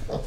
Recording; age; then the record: pig call; piglet (1 to 25 days)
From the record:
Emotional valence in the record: positive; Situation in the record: reunion after long isolation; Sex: male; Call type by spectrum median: low-frequency call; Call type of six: low-frequency tonal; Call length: 0.27 s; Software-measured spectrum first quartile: 59 Hz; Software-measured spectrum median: 264 Hz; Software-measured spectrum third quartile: 646 Hz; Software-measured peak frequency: 21 Hz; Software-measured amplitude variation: 158 dB a second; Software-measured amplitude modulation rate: 29.5 a second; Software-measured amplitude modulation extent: 5.4 dB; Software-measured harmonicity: 1.8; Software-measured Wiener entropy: -1.00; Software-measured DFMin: 757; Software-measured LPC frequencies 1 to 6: 551, 3489, 4833, 5569, 6376, 7825 Hz